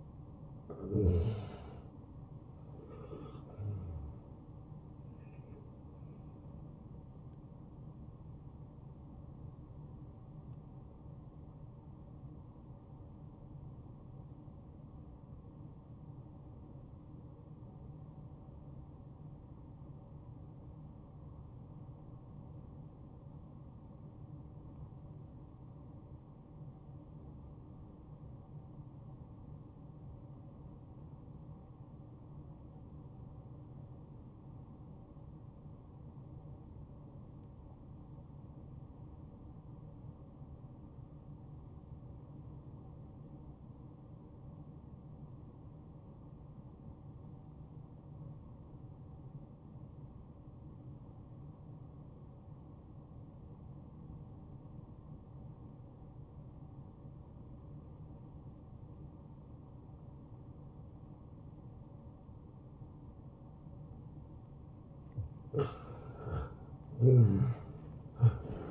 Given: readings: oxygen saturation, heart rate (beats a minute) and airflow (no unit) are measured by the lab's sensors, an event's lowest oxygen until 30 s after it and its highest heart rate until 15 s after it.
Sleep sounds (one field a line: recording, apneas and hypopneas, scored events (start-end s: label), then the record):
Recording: breathing in sleep by a smartphone at the bedside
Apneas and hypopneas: 1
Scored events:
13.00-64.50 s: obstructive apnea (N2, oxygen 95% highest, then 80% lowest, heart rate 65 at the start, 81 highest)
34.00-68.71 s: new sleep stage, N1 (lightest sleep)
From the record:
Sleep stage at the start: N2 (light sleep)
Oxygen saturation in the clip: 85 to 95%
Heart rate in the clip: 55 to 74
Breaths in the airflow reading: 4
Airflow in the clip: -13.4 to 7.5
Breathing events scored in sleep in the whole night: 263 in 5.5 hours asleep